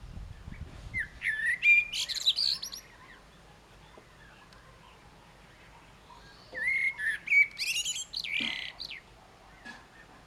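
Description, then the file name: Common blackbird song: two phrases separated by a pause, each opening with low fluting whistles and ending in a burst of thin, scratchy high twitter. "Turdus merula"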